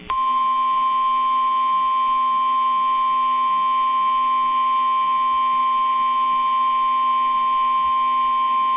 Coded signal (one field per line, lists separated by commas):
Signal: Emergency Alert System (SAME) tones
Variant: 1050 Hz attention tone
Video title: Tornado Warning (Champaign and Vermilion Counties, IL) (5/20/25) [EAS #175]